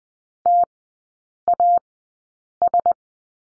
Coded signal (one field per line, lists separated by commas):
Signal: Morse code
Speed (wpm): 20 wpm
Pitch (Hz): 700 Hz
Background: none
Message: TAS